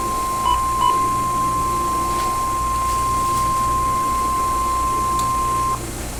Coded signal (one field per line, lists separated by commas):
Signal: Emergency Alert System (SAME) tones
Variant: 1050 Hz attention tone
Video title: Severe Thunderstorm Warning EAS Mobile AL. with loud thunder in the background